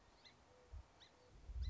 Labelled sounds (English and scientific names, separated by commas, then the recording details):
Song Sparrow (Melospiza melodia)
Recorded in Sonoma County, California